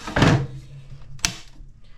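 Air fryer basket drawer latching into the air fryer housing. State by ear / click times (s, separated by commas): seated / 1.2 s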